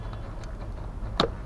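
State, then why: Released. A clipped plastic part in the engine bay of an Audi A3 8V 2.0 TDI, near the oil filter housing, is unclipped by hand to reach the oil filter. Over a low steady background with two faint ticks at 0.1 s and 0.4 s, a sharp, bright click at 1.2 s marks the part releasing.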